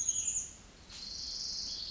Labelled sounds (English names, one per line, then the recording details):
Cassin's Vireo
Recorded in Sonoma County, California